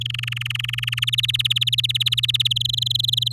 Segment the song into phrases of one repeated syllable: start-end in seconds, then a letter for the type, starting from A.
0.01-1.05 A, 1.07-2.48 B, 2.50-3.33 C